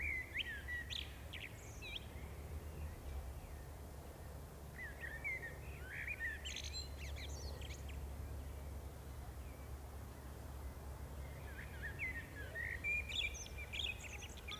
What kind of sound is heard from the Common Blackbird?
song